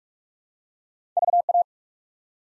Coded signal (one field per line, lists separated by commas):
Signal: Morse code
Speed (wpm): 44 wpm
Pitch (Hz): 700 Hz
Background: none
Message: VA